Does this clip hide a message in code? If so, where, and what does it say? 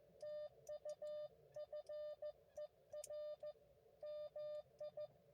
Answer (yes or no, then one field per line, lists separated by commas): yes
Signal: Morse code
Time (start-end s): 0.2-5.1 s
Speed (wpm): 17 wpm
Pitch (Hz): 590 Hz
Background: none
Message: TU FER MI